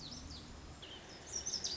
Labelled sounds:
Lazuli Bunting
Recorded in Sonoma County, California

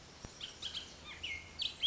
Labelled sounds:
Bullock's Oriole
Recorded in Sonoma County, California

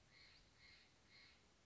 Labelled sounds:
Steller's Jay
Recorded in Sonoma County, California

